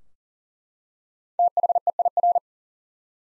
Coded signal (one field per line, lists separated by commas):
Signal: Morse code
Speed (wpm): 40 wpm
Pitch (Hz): 700 Hz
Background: none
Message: THEIR